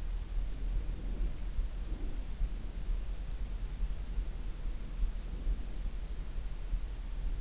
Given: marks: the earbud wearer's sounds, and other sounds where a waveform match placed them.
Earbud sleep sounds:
sounds in sleep by an in-ear microphone; breath
0.44-2.39 s: breath

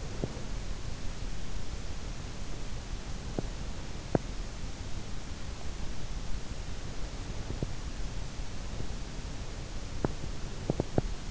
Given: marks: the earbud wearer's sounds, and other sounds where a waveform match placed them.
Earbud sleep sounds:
sounds in sleep by an in-ear microphone; teeth grinding
0.00-0.73 s: teeth grinding
3.35-4.33 s: teeth grinding
9.82-11.31 s: teeth grinding

